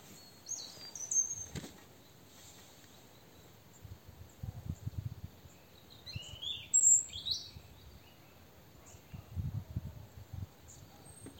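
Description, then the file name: European robin with scattered high, thin notes, one early and a short cluster later, between several low thudding and rustling noises. "Erithacus rubecula"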